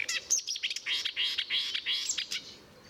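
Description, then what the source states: Marsh warbler song, a dense, chattering run of varied scratchy and whistled notes delivered without pause. Recorded at Murnauer Moos on 7 July 2013.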